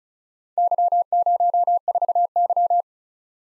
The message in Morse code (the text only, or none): Y04Y